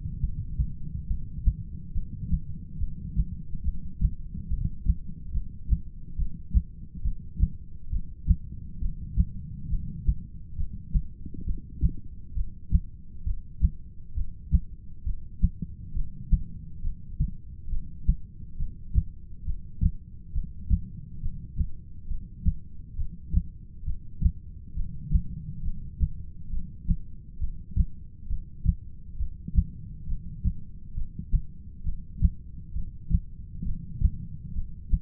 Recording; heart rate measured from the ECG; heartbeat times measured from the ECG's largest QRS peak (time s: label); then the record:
heart sounds by stethoscope; 68 bpm
0.20 s: heartbeat
1.08 s: heartbeat
1.93 s: heartbeat
2.79 s: heartbeat
3.64 s: heartbeat
4.49 s: heartbeat
5.33 s: heartbeat
6.17 s: heartbeat
7.03 s: heartbeat
7.91 s: heartbeat
8.81 s: heartbeat
9.70 s: heartbeat
10.57 s: heartbeat
11.46 s: heartbeat
12.36 s: heartbeat
13.26 s: heartbeat
14.16 s: heartbeat
15.06 s: heartbeat
15.95 s: heartbeat
16.84 s: heartbeat
17.71 s: heartbeat
18.59 s: heartbeat
19.46 s: heartbeat
20.34 s: heartbeat
21.22 s: heartbeat
22.09 s: heartbeat
22.97 s: heartbeat
23.86 s: heartbeat
24.76 s: heartbeat
25.64 s: heartbeat
26.51 s: heartbeat
27.40 s: heartbeat
28.29 s: heartbeat
29.19 s: heartbeat
30.08 s: heartbeat
30.96 s: heartbeat
31.85 s: heartbeat
32.75 s: heartbeat
33.65 s: heartbeat
34.55 s: heartbeat
From the record:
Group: heart failure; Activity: rest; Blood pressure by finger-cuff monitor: 123/82 mmHg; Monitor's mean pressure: 97 mmHg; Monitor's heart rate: 68 bpm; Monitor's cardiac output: 7 L/min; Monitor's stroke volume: 102 mL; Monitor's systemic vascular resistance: 1020 dyn s/cm5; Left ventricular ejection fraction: 25%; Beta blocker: metoprolol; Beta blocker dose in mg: 62.5 twice daily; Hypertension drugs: ramipril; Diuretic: furosemide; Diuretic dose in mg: 40 twice daily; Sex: male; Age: 57 years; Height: 180 cm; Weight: 90.5 kg